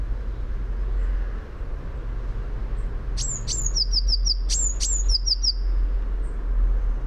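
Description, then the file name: Eurasian blue tit calling: two quick phrases of very high, thin notes, each ending in a short trill, over a steady low rumble. "Cyanistes caeruleus"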